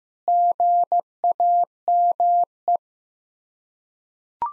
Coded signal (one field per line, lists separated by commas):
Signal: Morse code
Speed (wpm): 15 wpm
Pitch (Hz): 700 Hz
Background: none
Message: GAME